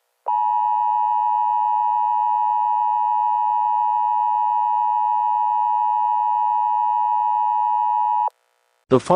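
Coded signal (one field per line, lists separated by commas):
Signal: Emergency Alert System (SAME) tones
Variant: 853 and 960 Hz attention tone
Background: speech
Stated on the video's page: Fictional EAS scenario.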